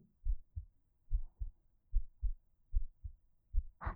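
Low, muffled paired thumps repeat steadily at about 75 beats a minute, each lub followed closely by a softer dub. This is an adult heartbeat heard close up. A brief rustle of handling noise ends the clip.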